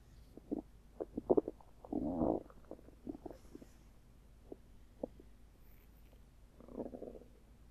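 Irregular gurgling pops and squelches over about eight seconds, with a louder sustained rumble near two seconds and a softer gurgle near seven. These are audible bowel sounds from an adult abdomen, an ordinary tummy grumble as gas and fluid move through the gut.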